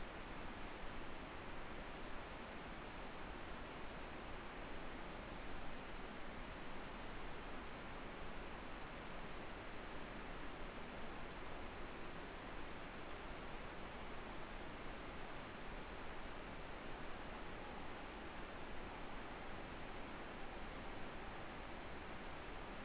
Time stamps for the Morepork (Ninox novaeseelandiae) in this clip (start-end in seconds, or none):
17.20-21.61